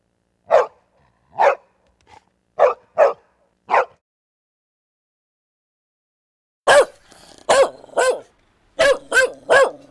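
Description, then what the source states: Dog giving a series of short, spaced barks, then a burst of rapid harsh barks. Medium-sized dog barking.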